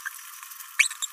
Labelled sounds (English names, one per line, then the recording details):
Green-rumped Parrotlet babbling
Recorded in a nest box in Venezuela
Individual 18B17A4